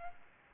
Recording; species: mosquito wingbeat signal from an infrared sensor; Aedes albopictus